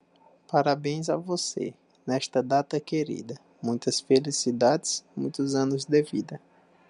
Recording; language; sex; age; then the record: short text; Brazilian Portuguese; male; 20 to 29 years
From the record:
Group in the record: control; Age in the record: 29 years